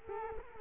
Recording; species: mosquito wingbeat signal from an infrared sensor; Culex quinquefasciatus